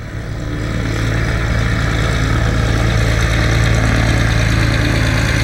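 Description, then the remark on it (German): The Chile courier mail plane idles as it taxis into the floodlight beams: a steady, loud droning hum with a deep low rumble and a faint whirring hiss above, holding even throughout with no voices. “Das Flugzeug des Chile-Kuriers rollte in die Lichtkegel der Scheinwerfer, so funkelnd, dass es wie neu aussah.”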